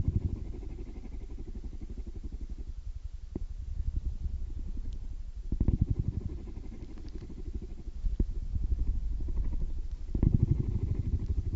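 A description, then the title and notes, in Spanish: A cat purrs in a low, rapid rumble with a fine regular pulse, swelling in louder stretches at the start, around six seconds and near ten seconds. Between these it softens, and a few faint clicks and soft ticks break through. Sonido de Ronroneo de Gato. Calmante ronroneo de gatitos. Tomamos el sonido lento de la frecuencia del ronroneo de un gato.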